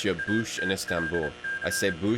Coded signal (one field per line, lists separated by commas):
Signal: Morse code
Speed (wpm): 27 wpm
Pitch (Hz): 1600 Hz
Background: speech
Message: ATLC